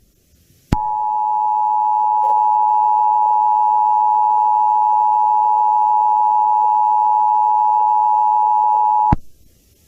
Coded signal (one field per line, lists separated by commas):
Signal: Emergency Alert System (SAME) tones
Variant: 853 and 960 Hz attention tone